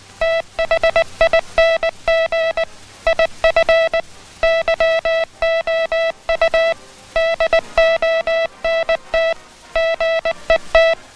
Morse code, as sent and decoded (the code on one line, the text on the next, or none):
- .... .. -. --. / .. ..-. / -.-- --- ..- / -.. --- -. - / --. . -
THING IF YOU DONT GET